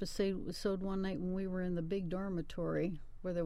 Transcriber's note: none